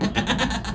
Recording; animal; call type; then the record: contact call of a hoofed animal; goat; low-frequency (closed-mouth) or high-frequency (open-mouth) call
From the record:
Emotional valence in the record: negative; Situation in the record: food frustration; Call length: 0.75 s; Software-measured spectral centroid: 2820 Hz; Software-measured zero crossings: 2020 a second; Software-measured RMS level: -24 dBFS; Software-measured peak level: -6 dBFS